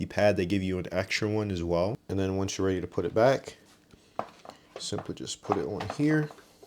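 Someone talks while putting a cleaning pad back onto the plastic mop head of a Bissell PowerFresh Vac & Steam vacuum and steam mop, with brief handling taps around 3.9 to 4.5 s. The clip ends before the pad goes home, so nothing has seated or clicked yet.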